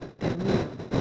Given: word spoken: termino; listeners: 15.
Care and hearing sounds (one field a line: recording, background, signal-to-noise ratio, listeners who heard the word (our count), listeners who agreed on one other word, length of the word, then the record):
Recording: one Spanish word in noise, from a listening test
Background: noise modulated by three-talker babble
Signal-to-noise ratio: -4.3 dB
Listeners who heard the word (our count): 2 of 15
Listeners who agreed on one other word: 6 of 15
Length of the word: 0.61 s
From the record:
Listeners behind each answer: 6, 3, 2, 2, 1, 1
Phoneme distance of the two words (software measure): 10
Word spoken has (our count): 3 syllables, 7 phonemes, stress on syllable 2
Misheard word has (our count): 3 syllables, 7 phonemes, stress on syllable 2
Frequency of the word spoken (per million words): 3.08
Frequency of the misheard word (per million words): 35.63